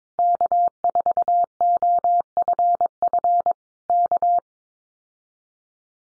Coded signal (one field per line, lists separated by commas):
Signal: Morse code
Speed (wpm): 22 wpm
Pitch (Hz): 700 Hz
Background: none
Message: K4OFF K